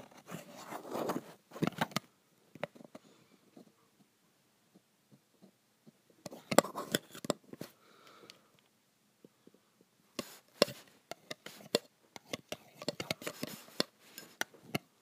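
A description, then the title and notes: A pencil scratches and taps against metal in bursts: a busy stretch at the start, another around six to eight seconds, and a dense run from ten seconds on. Strokes are sharp and bright, with short scrapes and clicks between quiet gaps. ASMR Pencil on Metal.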